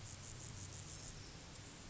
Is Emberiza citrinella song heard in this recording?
no